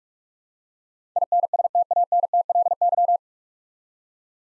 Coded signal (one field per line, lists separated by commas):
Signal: Morse code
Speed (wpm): 42 wpm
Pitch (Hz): 700 Hz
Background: none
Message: INSTANTLY